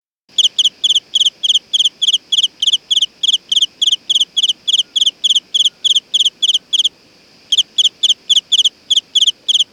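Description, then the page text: Field cricket chirping: loud, bright pulsed chirps repeated steadily several times a second, with one brief pause before the rhythm resumes. "南方油葫芦"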